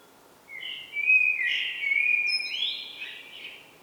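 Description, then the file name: Common blackbird delivering a rich, varied warble of linked whistled notes, swelling and then tapering off over a few seconds, with quiet background noise. "Turdus merula"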